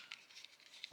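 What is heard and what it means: A plastic battery cover is pressed back onto a Renault Zoe key card after its battery is replaced. Sharp, bright clicks sound at 0.1 s and 0.8 s, with faint small taps and handling noise in between. The cover clicks on and is seated.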